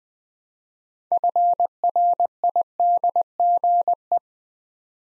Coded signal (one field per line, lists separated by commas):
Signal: Morse code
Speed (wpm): 20 wpm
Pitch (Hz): 700 Hz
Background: none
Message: FRIDGE